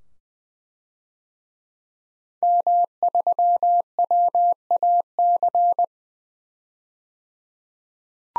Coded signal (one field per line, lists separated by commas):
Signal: Morse code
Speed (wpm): 21 wpm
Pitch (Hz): 700 Hz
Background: none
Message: M3WAC